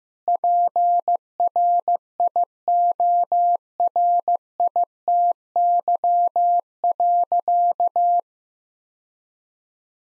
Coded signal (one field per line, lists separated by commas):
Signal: Morse code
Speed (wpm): 15 wpm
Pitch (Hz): 700 Hz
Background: none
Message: PRIORITY.